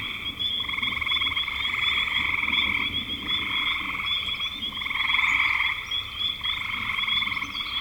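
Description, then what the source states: Frogs trilling in pulsed, rattling phrases that overlap and shift in loudness, with a steady high thin tone above. Frogs recorded in spring 2025.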